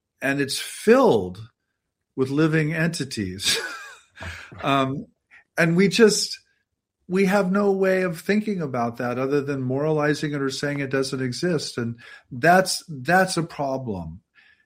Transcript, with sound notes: and it's filled with living entities. (laughs) . Um, and we just, we have no way of thinking about that other than moralizing it or saying it doesn't exist and that's, that's a problem.